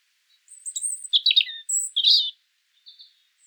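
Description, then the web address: European Robin song phrase: a high thin whistle, then tumbling warbled notes and a short burst of twittering, ending with a faint high note. "erithacus rubecula call"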